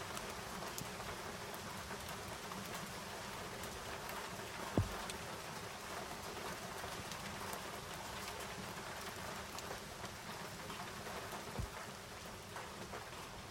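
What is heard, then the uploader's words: Steady, dense rain falls during a mountain storm, recorded from a window, with a constant hiss and scattered drops ticking across it. Two sharp, louder drop hits stand out, one near five seconds and one near twelve. Storm in the mountains. In the French Alps, close to Cruseilles, the recording was captured from a window of a home.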